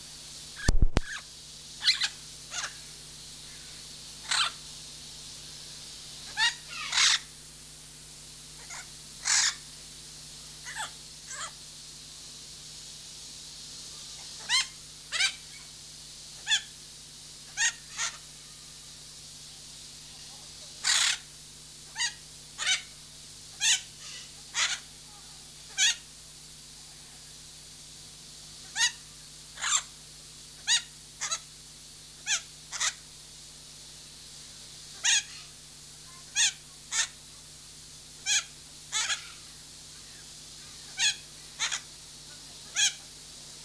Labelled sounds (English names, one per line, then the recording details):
Red-fronted Macaw call
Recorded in captivity
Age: adult
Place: Zoo Berlin, Berlin, DE
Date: 2003-09-15 17:17
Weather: heiter, 21°C
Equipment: Fair Mate ST-1328 (Asahi Electronics, Japan), Sennheiser ME 80, Kopie Uher 4000 Report Monitor
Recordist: Tembrock, Günter